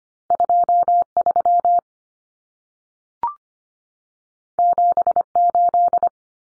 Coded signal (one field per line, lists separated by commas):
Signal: Morse code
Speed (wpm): 25 wpm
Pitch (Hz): 700 Hz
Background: none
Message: 23 78